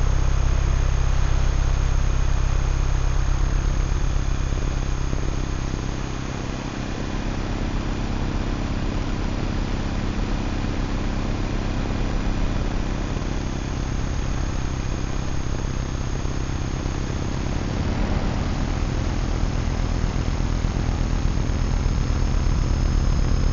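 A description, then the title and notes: Invisible electromagnetic frequencies rendered as sound: a dense, unbroken buzzing drone with heavy low hum tones and a fizzing hiss layered above, like an idling engine. Around six seconds the deep hum shifts and dips briefly, then holds steady to the end. Vlad designed it for hearing the invisible electromagnetic frequencies that surround us. Ether is a handheld object, a little black box, that contains a magnetic antenna and an integrated electronic antenna. The composition time-smears and overlays excerpts from an hour long recording I made on a 3km roundtrip walk.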